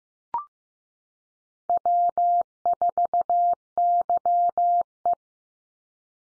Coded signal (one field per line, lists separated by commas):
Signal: Morse code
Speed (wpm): 15 wpm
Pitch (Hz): 700 Hz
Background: none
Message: W4YE